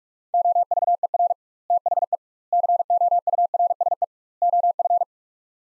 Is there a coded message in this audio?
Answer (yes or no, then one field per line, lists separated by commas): yes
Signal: Morse code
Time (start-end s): 0.3-5.0 s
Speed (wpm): 47 wpm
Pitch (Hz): 700 Hz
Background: none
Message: OVER THE COURSE OF